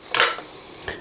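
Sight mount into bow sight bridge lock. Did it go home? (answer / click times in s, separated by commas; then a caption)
yes / 0.1 s. A sight mount is pushed through the bridge lock system of a bow sight, a metal and polymer bracket, and snaps into place with a sharp click at 0.2 s, followed by a brief scraping rustle. A fainter tick comes at 0.7 s and a softer knock at 0.9 s. The mount is seated.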